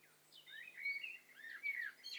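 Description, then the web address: Birds chirping densely, several overlapping twittering and swooping notes rising and falling, a busy jumble of calls throughout. Stereo recording mixing several birds calling at once, made for a bird cocktail party challenge test set. "Hi Fi STEREO BIRD COCKTAIL PARTY Challenge SBCP TESTSET HDBird Cocktail Party"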